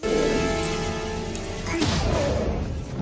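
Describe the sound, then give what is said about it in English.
A single heavy punch lands with a sharp, full-bodied thud partway through, set against a loud, dense wash of sustained tones and rumbling movie sound effects: Will Smith punching a just-landed alien in the film Independence Day. “Ik hoop niet dat ze inspiratie gaan halen uit Independence Day, waar acteur Will Smith een zojuist geland marsmannetje vloekend en tierend welkom heet, inclusief stevige ram voor zijn harses.”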